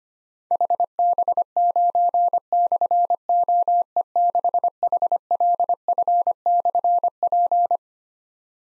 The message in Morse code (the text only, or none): HB9/OE6HLF/P